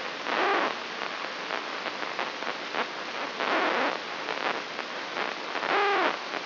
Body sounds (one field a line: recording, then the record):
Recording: brain microelectrode recording played as sound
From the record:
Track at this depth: outside the subthalamic nucleus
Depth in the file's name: 8.06 mm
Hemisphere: left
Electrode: 3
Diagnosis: Parkinson's disease